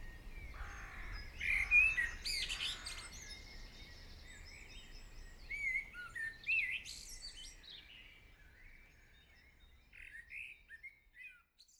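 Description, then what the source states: Birdsong chorus, loud chirps and whistles early on that thin out, leaving sparse quieter chirps toward the end. Birds singing in the morning.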